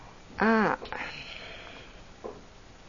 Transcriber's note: sighs